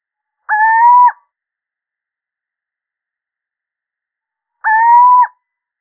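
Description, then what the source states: Little owl uttering two mellow, slightly upslurred hoots roughly four seconds apart in otherwise total quiet. Male.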